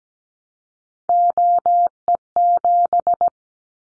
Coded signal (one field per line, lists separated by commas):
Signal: Morse code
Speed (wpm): 17 wpm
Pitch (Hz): 700 Hz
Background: none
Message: OE7